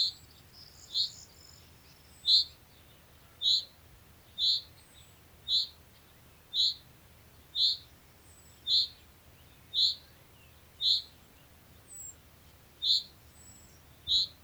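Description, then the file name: Common chaffinch calling: short, sharp, high notes repeated steadily, many in a row, over quiet background hiss. "Fringilla coelebs"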